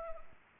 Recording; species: mosquito wingbeat signal from an infrared sensor; Anopheles arabiensis